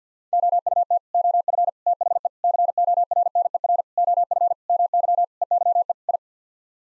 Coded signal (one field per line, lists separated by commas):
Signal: Morse code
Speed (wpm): 50 wpm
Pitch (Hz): 700 Hz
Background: none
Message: OUT OF THE CORNER OF MY EYE I